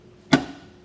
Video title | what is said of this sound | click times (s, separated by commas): Stealth Hitches Hidden Rack Receiver Towing Kit with Ball Mount and Trailer Wiring Installation - 20 | there we go popped into place just like it should | 0.3 s